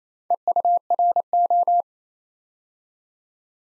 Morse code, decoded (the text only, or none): EURO